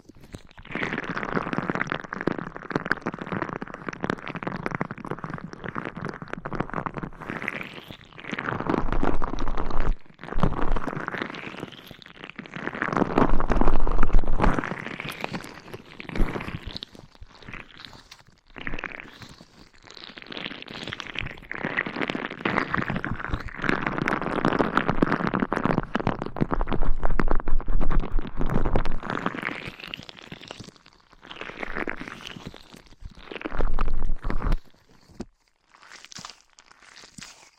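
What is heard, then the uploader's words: Muffled scratching and brushing against a microphone, with dense rustling strokes that swell and fade in long sweeps. Short gaps of near silence break the sound around ten, eighteen and thirty seconds. A low rumbling thump underlies the louder passages. ASMR Massage for Your Ears Mic Scratching - Brushing - Ear Attention Asmr No Talking for Sleep.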